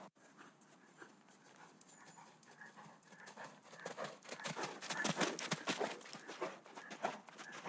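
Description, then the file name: Horse hoofbeats starting faint and swelling to loud rhythmic thuds around five seconds, then easing slightly. Galloping outside in sand. "G 4 F SFX - HORSES - Galloping outside in sand"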